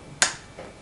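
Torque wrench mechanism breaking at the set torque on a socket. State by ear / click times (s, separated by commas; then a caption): torque reached / 0.2 s. The handle of a preset click-type Norbar Professional Model 550 torque wrench, fitted into a socket, is pulled until the set torque value is reached. The mechanism breaks and folds with a sharp, bright click at 0.2 s, followed by a fainter, lower knock around 0.6 s. This confirms the wrench broke at its set torque.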